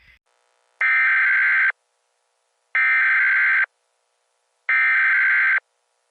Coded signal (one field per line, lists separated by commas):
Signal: Emergency Alert System (SAME) tones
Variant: header bursts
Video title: EAS Scenario #1: Earthquake Warning(Revised/Fixed Version)